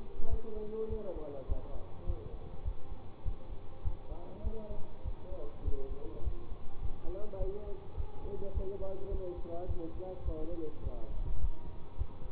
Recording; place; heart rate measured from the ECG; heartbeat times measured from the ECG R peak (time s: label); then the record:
heart sounds by stethoscope; between the tricuspid and mitral areas; 103 bpm
0.29 s: heartbeat
0.89 s: heartbeat
1.48 s: heartbeat
2.06 s: heartbeat
2.64 s: heartbeat
3.24 s: heartbeat
3.83 s: heartbeat
4.43 s: heartbeat
5.04 s: heartbeat
5.64 s: heartbeat
6.23 s: heartbeat
6.81 s: heartbeat
7.39 s: heartbeat
7.96 s: heartbeat
8.53 s: heartbeat
9.10 s: heartbeat
9.67 s: heartbeat
10.24 s: heartbeat
10.82 s: heartbeat
11.40 s: heartbeat
11.97 s: heartbeat
From the record:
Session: bicycle stress test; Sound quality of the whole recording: good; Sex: male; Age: 24 years